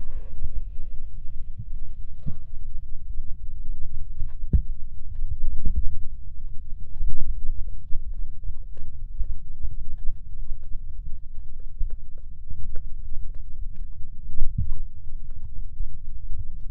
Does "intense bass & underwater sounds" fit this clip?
yes